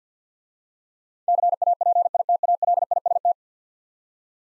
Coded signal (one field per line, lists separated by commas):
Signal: Morse code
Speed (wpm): 50 wpm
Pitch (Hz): 700 Hz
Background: none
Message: CAPITALIST